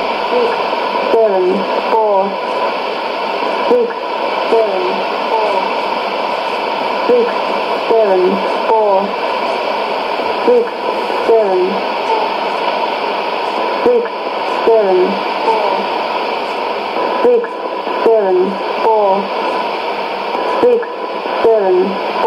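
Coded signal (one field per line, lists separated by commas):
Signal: numbers station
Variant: E17z English Lady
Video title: 01 06 2017 Numbers station E17z English Lady in English to Eu 0800 on 16780 in CUSB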